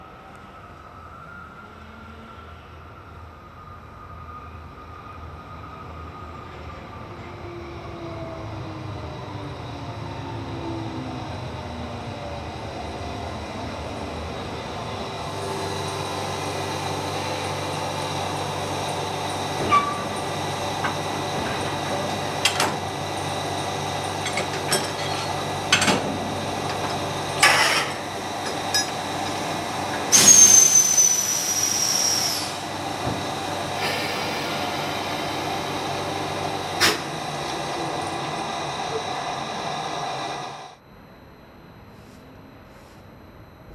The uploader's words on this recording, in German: KUPPLUNGSMANÖVER RhB ILANZ.